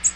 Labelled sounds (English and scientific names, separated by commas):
American Redstart (Setophaga ruticilla) flight call